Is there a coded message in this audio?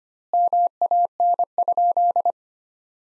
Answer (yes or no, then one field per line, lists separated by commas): yes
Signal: Morse code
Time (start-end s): 0.3-2.3 s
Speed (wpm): 25 wpm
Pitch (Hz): 700 Hz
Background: none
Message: MAN?